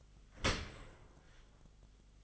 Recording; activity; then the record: daily activity, microphone in the room; open dishwasher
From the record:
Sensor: 4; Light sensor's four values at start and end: 11/25/10/10 and 11/26/10/10